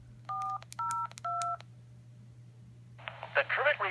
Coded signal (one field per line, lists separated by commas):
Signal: DTMF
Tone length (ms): 290 ms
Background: speech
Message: 402